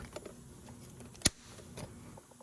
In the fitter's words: you literally just kind of give it a little wiggle and a push, and you'll hear it click.